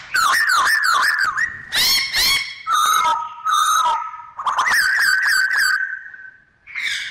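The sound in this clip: Bird song mixing wavering whistles, quick harmonic bursts and a long level note, with phrases changing every second or so.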